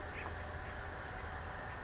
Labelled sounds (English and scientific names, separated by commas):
California Towhee (Melozone crissalis)